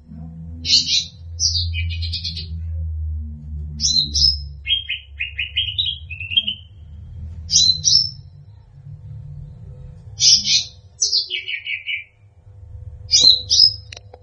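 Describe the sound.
Bird song in scattered bursts of harsh high notes and short descending chirp runs over a steady low rumble.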